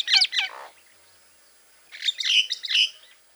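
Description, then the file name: Common myna calls: two sharp harsh notes with a soft gurgle, a pause, then a jumble of squeaky, chattering notes. "mayna-golos onbird ru"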